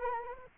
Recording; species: mosquito wingbeat signal from an infrared sensor; Anopheles arabiensis